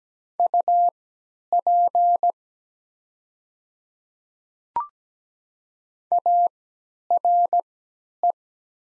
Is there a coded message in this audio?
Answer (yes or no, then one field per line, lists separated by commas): yes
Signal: Morse code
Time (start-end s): 0.4-8.3 s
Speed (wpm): 17 wpm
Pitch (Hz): 700 Hz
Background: none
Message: UP ARE